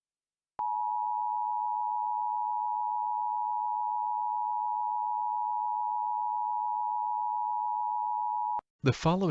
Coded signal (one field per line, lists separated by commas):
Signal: Emergency Alert System (SAME) tones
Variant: 853 and 960 Hz attention tone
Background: speech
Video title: Hot Spot Horror: An EAS Scenario